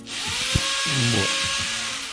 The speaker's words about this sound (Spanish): Perdón, uy, ¿ese ruido de quién ahí? Es? ¿Quién es? ¿Qué es eso? Eso es como un taladro. Un cuchillo Buster. Un taladro que están instalando el regalo de Navidad que muy generosamente me dio mi señor padre.